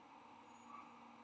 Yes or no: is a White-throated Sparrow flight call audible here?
no